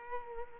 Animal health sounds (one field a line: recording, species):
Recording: mosquito wingbeat signal from an infrared sensor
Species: Culex quinquefasciatus